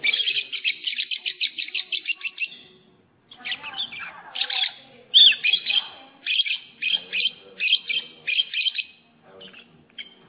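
Lovebird chirping, a steady rhythmic run of quick chips, a brief gap, then shrill bursts repeated several times.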